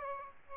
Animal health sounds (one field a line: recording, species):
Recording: mosquito wingbeat signal from an infrared sensor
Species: Aedes aegypti